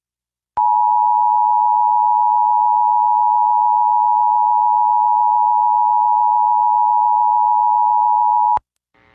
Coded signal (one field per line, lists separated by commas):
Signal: Emergency Alert System (SAME) tones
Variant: 853 and 960 Hz attention tone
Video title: Eas severe thunderstorm warning 8/11/2021